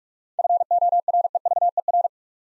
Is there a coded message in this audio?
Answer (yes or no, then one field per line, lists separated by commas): yes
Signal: Morse code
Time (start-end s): 0.4-2.1 s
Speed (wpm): 44 wpm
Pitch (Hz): 700 Hz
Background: none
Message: FOREVER